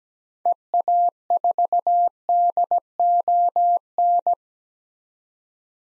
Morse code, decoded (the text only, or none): EA4DON